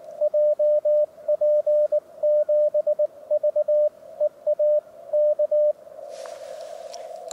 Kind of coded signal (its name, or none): Morse code